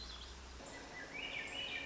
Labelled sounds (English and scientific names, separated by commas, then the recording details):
Swainson's Thrush (Catharus ustulatus)
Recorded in Sonoma County, California